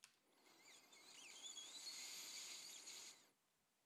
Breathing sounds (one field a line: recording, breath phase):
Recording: one breath near a microphone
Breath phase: inhalation